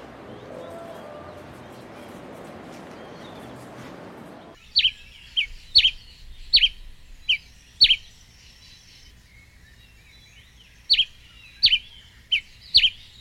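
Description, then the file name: White-lined Tanager song: after several seconds of broad hiss, crisp chirped notes come in pairs and singles, then a short gap and another run of chirps. "canto da pipira preta"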